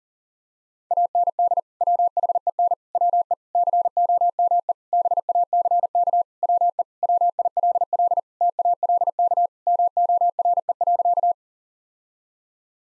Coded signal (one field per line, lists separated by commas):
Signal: Morse code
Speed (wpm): 40 wpm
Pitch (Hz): 700 Hz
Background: none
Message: AND WHEN WE COME BACK WE WILL TALK MORE.